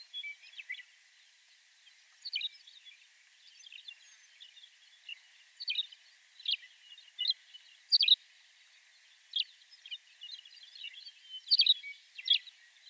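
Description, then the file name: McCown's longspur uttering single sharp, high notes at irregular intervals, with occasional short chatter between them. "Mc Cowns-Longspur-Rhynchophanes-mccownii"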